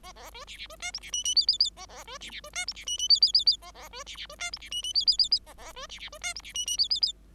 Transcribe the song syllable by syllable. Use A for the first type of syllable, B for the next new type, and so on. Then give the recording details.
A A B C C B D E C F F G G G A A B C C B D E C F F G G G G A A B C C B D E C F F G G G G A A B C C B D E C F F G G G. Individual Bird5